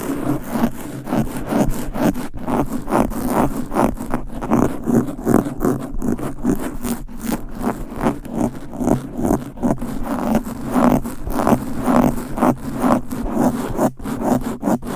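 Fast, aggressive scratching and rubbing on a microphone, with rapid rasping strokes packed densely across the whole fifteen seconds. The scraping carries a heavy low rumble under brighter hiss, and sharp clicks punch through now and then, near 2, 6 and 14 seconds.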